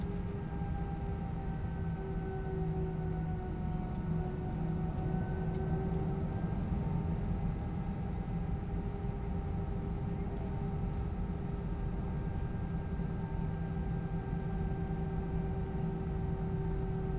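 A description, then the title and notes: Low airplane engines hum steadily throughout, a dense rumble with several sustained tones riding on top, one drifting slightly in pitch. The level stays constant with no clear rise or fade, and faint brief clicks appear now and then higher up. A long waiting in the airplane from Liverpool to The Isle of Man to take-off, with low engines' humming.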